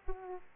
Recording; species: mosquito wingbeat signal from an infrared sensor; Aedes aegypti